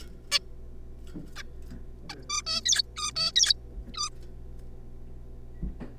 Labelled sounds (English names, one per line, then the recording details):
Zebra Finch
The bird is a juvenile
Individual R3549